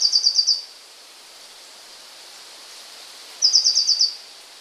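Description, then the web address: Eurasian blue tit song: two bright, high trills of rapid repeated notes about three seconds apart, with soft steady background hiss. "wroblowe kolekcja modraszka"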